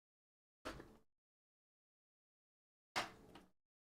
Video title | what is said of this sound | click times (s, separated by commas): We've got a double build day! Two Syrens! | ah the click that was really solid click love | 3.4 s